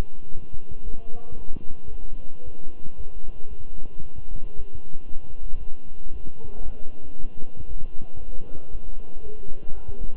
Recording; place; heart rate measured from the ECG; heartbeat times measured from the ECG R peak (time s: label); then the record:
heart sounds by stethoscope; between the tricuspid and mitral areas; 115 bpm
0.31 s: heartbeat
0.84 s: heartbeat
1.37 s: heartbeat
1.90 s: heartbeat
2.44 s: heartbeat
2.96 s: heartbeat
3.49 s: heartbeat
4.02 s: heartbeat
4.55 s: heartbeat
5.07 s: heartbeat
5.59 s: heartbeat
6.11 s: heartbeat
6.64 s: heartbeat
7.16 s: heartbeat
7.67 s: heartbeat
8.18 s: heartbeat
8.71 s: heartbeat
9.22 s: heartbeat
9.73 s: heartbeat
From the record:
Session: walking at 3.7 km/h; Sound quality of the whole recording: good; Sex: male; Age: 23 years